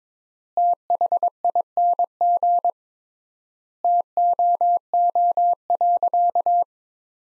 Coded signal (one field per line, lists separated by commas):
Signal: Morse code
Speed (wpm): 21 wpm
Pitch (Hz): 700 Hz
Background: none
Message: THING TOO.